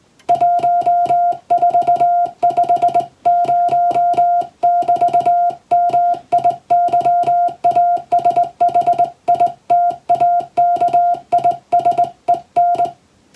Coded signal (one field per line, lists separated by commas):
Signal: Morse code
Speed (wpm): 20 wpm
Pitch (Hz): 700 Hz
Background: music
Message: 1450<BT>MIYASHITAKISEN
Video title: 昔はよくラジオから聞こえた懐かしいモールス符号！通信技術の基礎！モールスはトンとツーで成立します。英語のモールスです。YouTubeの再生速度を設定して聞こう！ morse code practice